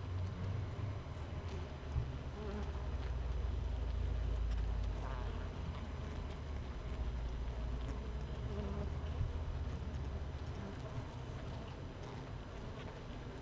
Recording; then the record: honeybee colony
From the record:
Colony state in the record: missing queen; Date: 31 May 2018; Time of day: 15:50